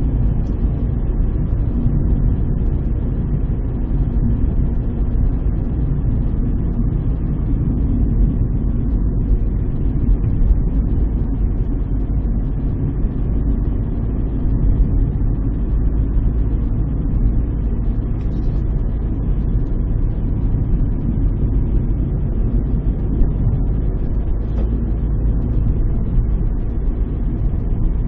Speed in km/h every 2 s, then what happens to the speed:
45, 45, 45, 44, 39, 40, 39, 42, 42, 42, 41, 41, 41, 41.
0-5 steady at about 45. 5-8 slows to 39. 8-28 steady at about 41.